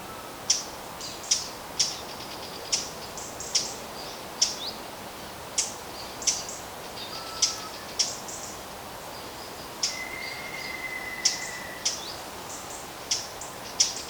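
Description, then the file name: Eurasian blackcap repeating sharp tack calls, a long run of many hard clicks at fairly regular intervals. "Sylvia atricapilla"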